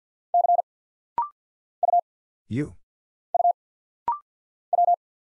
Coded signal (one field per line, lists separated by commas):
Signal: Morse code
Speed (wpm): 48 wpm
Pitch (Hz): 700 Hz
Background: none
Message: C U U W